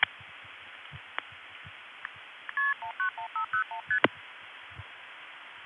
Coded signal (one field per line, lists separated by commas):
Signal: multi-frequency trunk signalling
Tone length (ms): 100 ms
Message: KP191501ST